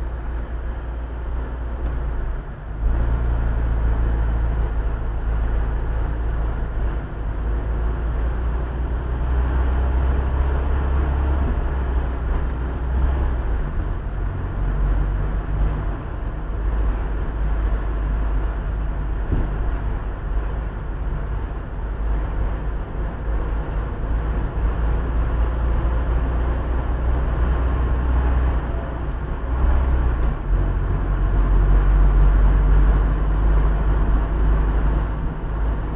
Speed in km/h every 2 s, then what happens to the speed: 7, 9, 14, 16, 21, 24, 24, 26, 29, 28, 30, 30, 32, 35, 36, 38, 39, 42.
0-36 speeds up to 42.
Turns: none.